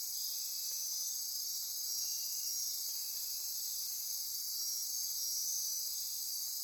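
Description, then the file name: Insects in chorus, a dense high-pitched buzzing shrill with overlapping trills that waver slightly, continuous without breaks. Insect chorus recorded at midnight near Corcovado. "Wind-is-the-Original-Radio-Fridays 20240628 Andy-Martin Midnight-Insect-Chorus-Near-Corcovado"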